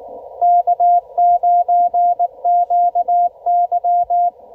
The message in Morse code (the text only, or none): K9QY